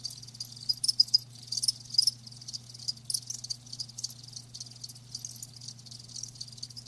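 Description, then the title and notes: Crickets giving thin, high chirps, stronger in the first two seconds then fading to a softer continuous shimmer over a low steady hum. Live crickets chirping, presented as a lulling sleep sound. "Live Crickets Chirping. Enjoy the lulling song of crickets to help you fall asleep and stay asleep. RainManCJ"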